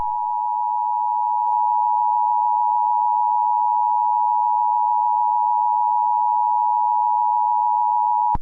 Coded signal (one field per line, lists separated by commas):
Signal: Emergency Alert System (SAME) tones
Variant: 853 and 960 Hz attention tone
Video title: EAS Scenario: Riggy's rampage part 1 @DannoDraws